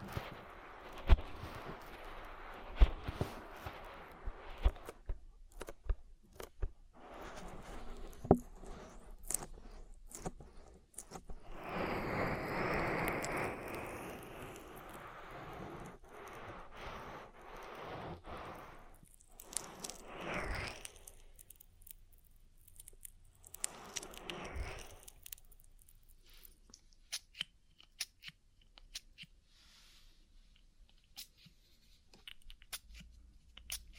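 An oily ear massage: wet, crackling rubbing with frequent sharp clicks and pops. The first ten seconds are dense and busy, a louder swishing stretch follows around 11–14 seconds, then the sound thins into sparse ticks with brief swells near 20 and 24 seconds.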